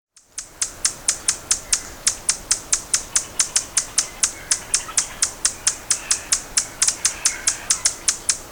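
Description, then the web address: Buff-bellied hummingbird calling with a long, rapid series of hard, high-pitched tick notes over a quiet background. "yucatan amazilia"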